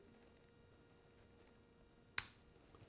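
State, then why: Seated. A pistol magazine is pushed very slowly into the grip of a semi-automatic pistol until it seats. A single sharp click sounds at 2.2 s against a quiet background, with a faint softer tick near 2.8 s. The click confirms the magazine has seated.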